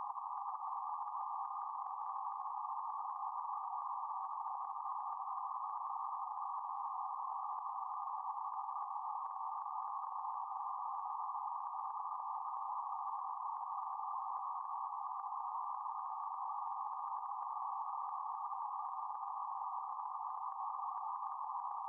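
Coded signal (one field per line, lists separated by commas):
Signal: PSK31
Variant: BPSK31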